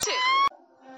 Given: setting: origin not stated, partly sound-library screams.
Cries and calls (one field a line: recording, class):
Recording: one-second piece from a danger detection set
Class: woman in danger